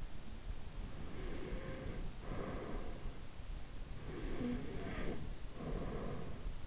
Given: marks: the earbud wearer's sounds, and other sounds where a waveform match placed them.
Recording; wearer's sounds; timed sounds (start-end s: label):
sounds in sleep by an in-ear microphone; breath, snoring breath
0.98-3.13 s: breath
4.15-6.50 s: snoring breath